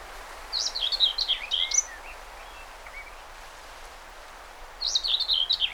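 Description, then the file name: Common whitethroat singing two quick scratchy warbles, jerky and rising and falling, separated by a pause of a few seconds, with faint softer notes between and gentle outdoor hiss. Recorded 20 May 2009. "20090520 whitethroat"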